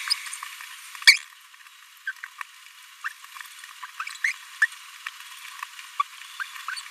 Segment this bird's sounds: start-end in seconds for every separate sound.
1.07-1.18, 2.07-2.12, 3.83-3.86, 3.99-4.04, 4.24-4.33, 4.62-4.67, 5.99-6.03, 6.40-6.43